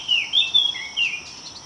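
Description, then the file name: Eurasian blackcap giving brief, sharp warbled notes in quick bursts, against a faint steady high whine. "Sylvia atricapilla"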